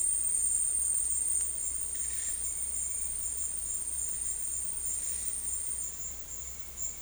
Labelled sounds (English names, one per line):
none